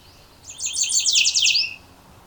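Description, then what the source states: Gray Catbird song phrase, a brief high jumbled burst of squeaky, buzzy chattering notes lasting about a second over quiet background hiss. Heard at Beverly Swamp on June 20, 2020, in a very small spot holding many bird species.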